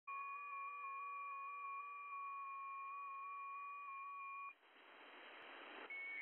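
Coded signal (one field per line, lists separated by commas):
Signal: FT8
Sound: several steady, slightly warbling tones together, then a burst of broad hiss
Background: radio static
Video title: FT8 digi mode 17m - 18.100 MHz SWLing \ WebSDR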